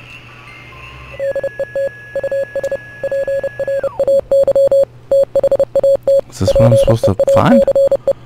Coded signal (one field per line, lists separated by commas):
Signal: Morse code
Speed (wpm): 30 wpm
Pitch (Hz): 550 Hz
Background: speech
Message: DET US PRAY THAT PEACE